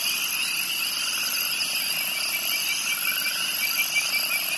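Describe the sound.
Crickets chirping in a dense, steady chorus of high, shrill trills at several overlapping pitches.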